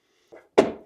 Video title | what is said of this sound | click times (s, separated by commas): Review VINGUYS Bird Feeder with Camera Solar Powered | Snap that into place, | 0.6 s